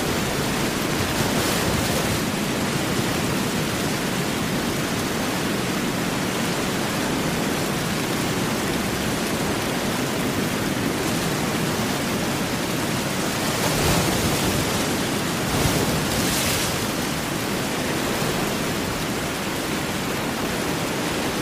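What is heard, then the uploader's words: A rainstorm pours down in a dense, steady hiss that fills the whole clip without pause. The sound stays even in loudness throughout, with a few brief brighter surges of spray around two, fourteen and sixteen seconds over a low, rumbling wash. Rainstorm Sounds White Noise.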